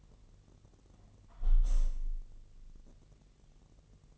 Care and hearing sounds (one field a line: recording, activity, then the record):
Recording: daily activity, microphone in the room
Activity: close window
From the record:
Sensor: 4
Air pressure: 1001.1 hPa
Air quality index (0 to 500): 245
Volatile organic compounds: 42 ppm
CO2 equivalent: 3187 ppm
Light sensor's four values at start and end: 9/20/8/7 and 9/19/8/7